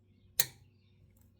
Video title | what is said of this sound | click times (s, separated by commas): This old broad doing an Oil change on the Indian with out a hoist🫠 | Hear a click. | 0.4 s